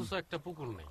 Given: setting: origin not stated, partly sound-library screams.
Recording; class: one-second piece from a danger detection set; normal situation